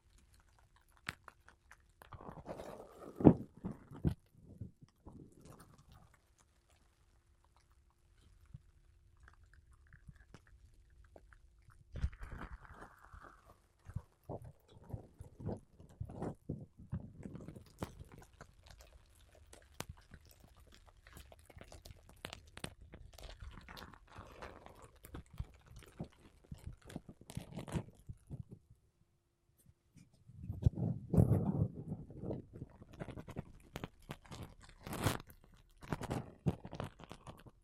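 Makeup brushes and a sponge rub across a microphone in uneven bursts of scratchy, crackling strokes, some soft and airy, others sharp and clicky. Quiet gaps fall around 6–8 and 29–30 seconds, and the densest, loudest brushing comes near 31–34 seconds.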